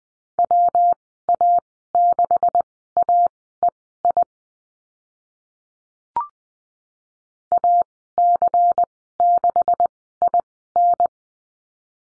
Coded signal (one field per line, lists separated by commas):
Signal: Morse code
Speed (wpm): 20 wpm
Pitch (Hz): 700 Hz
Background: none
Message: WA6AEI AC6IN